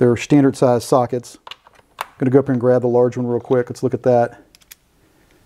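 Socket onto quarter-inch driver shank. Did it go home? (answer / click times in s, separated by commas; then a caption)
no / none. A large metal socket is handled near the quarter-inch magnetic shank of a Klein Tools ratchet driver from a 64-piece precision ratchet driver system. Someone talks, then a few short clicks and taps are heard near the end. The socket has not been pushed onto the shank yet, so nothing has seated or clicked into place.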